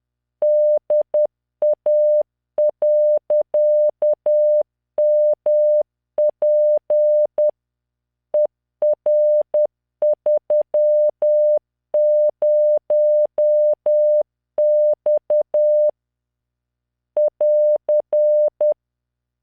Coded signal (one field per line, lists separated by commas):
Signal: Morse code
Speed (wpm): 10 wpm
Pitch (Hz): 600 Hz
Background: none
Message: DA.MP ER30X <AR>